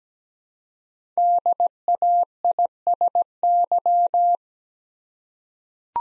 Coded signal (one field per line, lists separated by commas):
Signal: Morse code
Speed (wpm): 17 wpm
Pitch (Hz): 700 Hz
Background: none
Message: DAISY